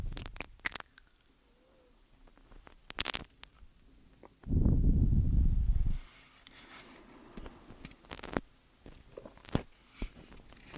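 Ear eating sounds with sharp, close-set clicks and wet snaps scattered throughout, clustering near the start and again around eight to ten seconds. A loud, low, rumbling burst fills roughly the middle second and a half, then soft rustling and scattered ticks continue.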